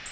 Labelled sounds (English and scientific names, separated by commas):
Black-throated Blue Warbler (Setophaga caerulescens) flight call